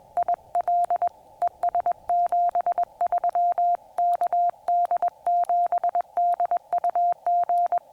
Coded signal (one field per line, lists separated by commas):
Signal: Morse code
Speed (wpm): 21 wpm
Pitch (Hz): 700 Hz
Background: none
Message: IL ES 73 KD7DUG